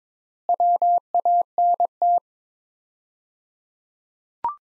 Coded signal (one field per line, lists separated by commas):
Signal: Morse code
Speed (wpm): 22 wpm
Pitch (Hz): 700 Hz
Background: none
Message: WANT